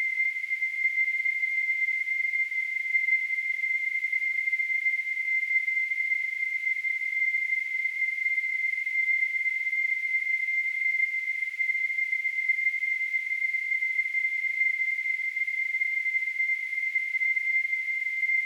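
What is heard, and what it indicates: A steady, unchanging high-pitched tone around 2 kHz runs for the whole 18 seconds, with a faint hiss above it. This is a simulated tinnitus sound: the constant ringing a person with tinnitus perceives without any outside source.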